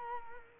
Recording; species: mosquito wingbeat signal from an infrared sensor; Culex quinquefasciatus